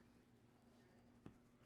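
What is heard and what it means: A plastic replacement plug housing is pushed together over a lamp cord whose wires have been pinched into the contacts. Against a quiet, steady background, it gives a single short click at 1.3 seconds as it snaps shut and seats.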